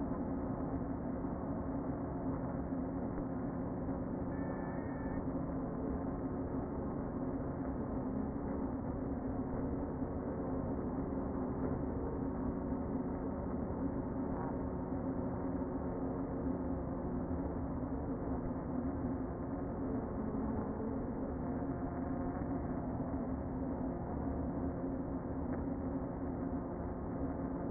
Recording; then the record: honeybee colony, microphone inside the hive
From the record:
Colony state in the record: queen present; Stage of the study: before two queens were removed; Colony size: about 60,000 bees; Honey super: yes